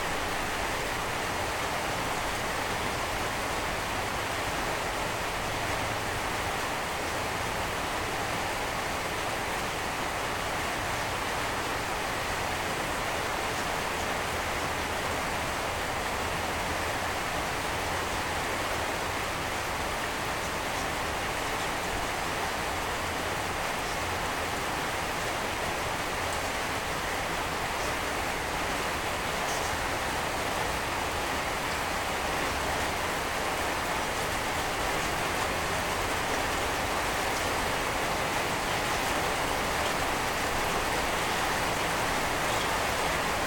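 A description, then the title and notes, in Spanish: Rain falls on a sheet-metal roof in a steady, dense hiss with no pauses across the full length. The patter is thick and even, filling everything from the low drum of the roof to a bright wash on top, with a faint low rumble underneath. Solamente me puse a grabar el sonido de la lluvia cayendo sobre la lámina de mi casa.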